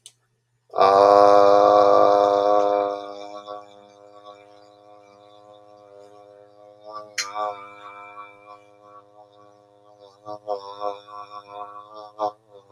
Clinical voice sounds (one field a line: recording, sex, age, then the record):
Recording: vowel held as long as possible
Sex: male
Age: 50 to 59 years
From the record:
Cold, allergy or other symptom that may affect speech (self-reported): no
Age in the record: 52 years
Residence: Georgia, United States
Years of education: 14